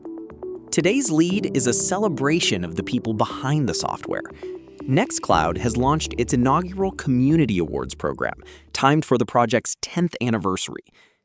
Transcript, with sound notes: Today’s lead is a celebration of the people behind the software. [thoughtful] Nextcloud has launched its inaugural Community Awards program, timed for the project’s 10th anniversary.